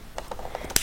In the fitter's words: Donc ça vient se clipser